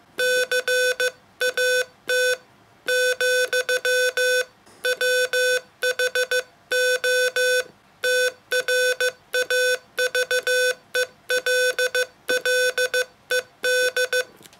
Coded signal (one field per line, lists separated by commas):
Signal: Morse code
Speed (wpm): 15 wpm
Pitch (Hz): 500 Hz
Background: none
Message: CAT , WHO TRAVELLED